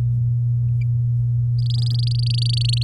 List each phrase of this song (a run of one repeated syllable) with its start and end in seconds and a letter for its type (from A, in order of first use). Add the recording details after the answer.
1.58-2.83 A. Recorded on 10 May 2018 at 17:13. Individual llb16